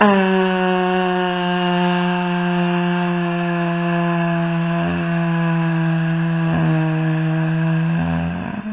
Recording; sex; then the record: sustained vowel /a/; female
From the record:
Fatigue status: fatigue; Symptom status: symptomatic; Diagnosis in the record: COVID-19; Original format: 3gp